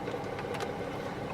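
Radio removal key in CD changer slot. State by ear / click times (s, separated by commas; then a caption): not seated / none. A radio removal key is pushed into a slot of the CD changer in a 2003–2008 Audi A8 and pulled to release it, during installation of a Dension GW52M01/GW53M01 iPod, iPhone, AUX, USB and Bluetooth adapter. A steady low hum runs throughout, with faint soft scraping bursts around 0.5–0.6 s and no distinct click. The key fails to catch the internal clip, so nothing has clicked or released yet.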